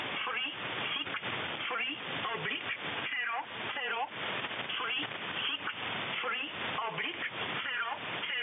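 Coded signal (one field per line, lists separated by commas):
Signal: numbers station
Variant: E11 Oblique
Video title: E11 Oblique Numbers Station, 363/00, 9.13 MHz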